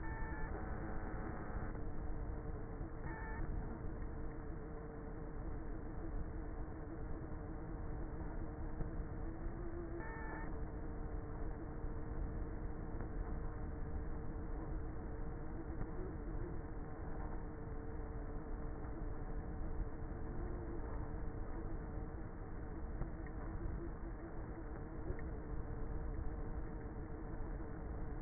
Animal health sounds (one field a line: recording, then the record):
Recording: honeybee colony, microphone inside the hive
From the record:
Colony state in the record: queenless with a low population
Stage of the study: before two queens were removed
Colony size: about 30,000 bees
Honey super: no